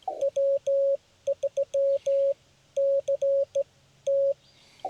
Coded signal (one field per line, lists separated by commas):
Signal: Morse code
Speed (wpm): 16 wpm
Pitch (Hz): 550 Hz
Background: none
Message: W3CT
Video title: Well Built Ham Gear - Simple To Use